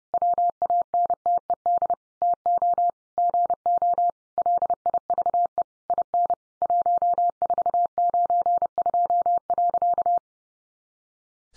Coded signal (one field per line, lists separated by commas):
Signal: Morse code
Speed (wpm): 30 wpm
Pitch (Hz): 700 Hz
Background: none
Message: WANTED TO GO LIVE IN 1492.